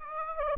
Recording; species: mosquito wingbeat signal from an infrared sensor; Aedes aegypti